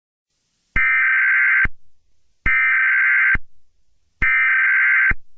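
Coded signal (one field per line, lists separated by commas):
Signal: Emergency Alert System (SAME) tones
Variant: header bursts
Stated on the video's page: Fictional EAS scenario themed on a game, not a real alert.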